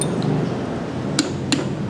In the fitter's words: ahí tenemos escuchamos el clic que hizo el torquímetro